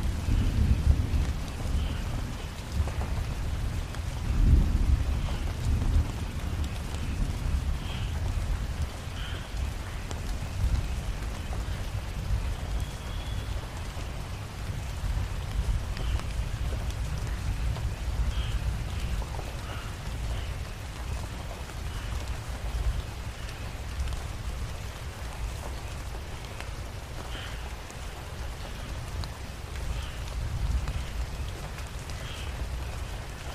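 Rain patters steadily throughout, with a deep low rumble of thunder strongest in the first five seconds before settling into a softer, continuous roll. Faint high chirps from the jungle chorus recur every few seconds above the rain.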